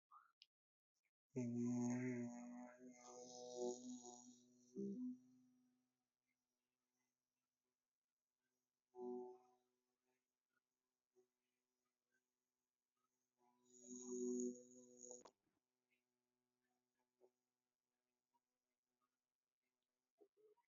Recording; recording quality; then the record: sustained vowel as in made; excellent, no background noise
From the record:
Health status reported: healthy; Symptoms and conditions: none ticked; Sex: male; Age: 29 years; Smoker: yes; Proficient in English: yes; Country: India